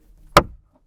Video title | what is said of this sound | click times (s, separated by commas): HOW TO - Remove Targa Top - Corvette C8 Coupe | lock that one and that is it you are good to go | 0.4 s